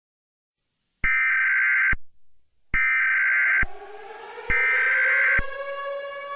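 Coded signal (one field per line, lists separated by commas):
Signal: Emergency Alert System (SAME) tones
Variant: header bursts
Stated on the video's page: Fictional EAS scenario.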